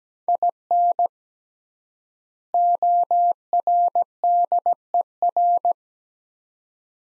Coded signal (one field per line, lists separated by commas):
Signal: Morse code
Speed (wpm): 17 wpm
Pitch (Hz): 700 Hz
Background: none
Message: IN ORDER